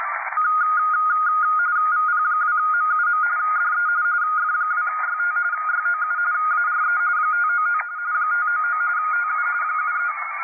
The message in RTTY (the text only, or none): VP2MUM DE F2YT YOU ARE 599 599 TU 73